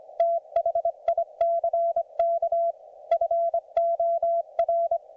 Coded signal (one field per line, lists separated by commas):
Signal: Morse code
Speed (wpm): 24 wpm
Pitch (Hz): 680 Hz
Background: none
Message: THICK FOR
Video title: MORSE CODE PRACTICE - RAGCHEWING WITH ART